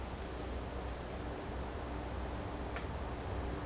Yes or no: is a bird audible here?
no